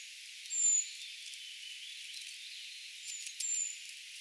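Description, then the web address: Eurasian treecreeper calls: a few very high, thin, short, sibilant notes, one early and two more after a pause of a few seconds, with soft hiss and faint clicks around them. Calls of a brood of young treecreepers, recorded 4 June 2025; the recordist gives the identification as tentative. "paivat 4 6 2025 tietaakseni puukiipijapesueen aantelya"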